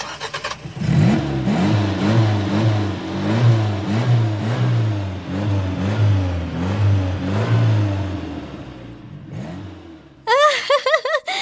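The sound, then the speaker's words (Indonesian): A group of children imitate a car engine being started, a low sputtering, rhythmic rumble that pulses steadily for several seconds, then breaks off into higher-pitched voices at the end. “Coba kalian tirukan suara mobil yang sedang dihidupkan.”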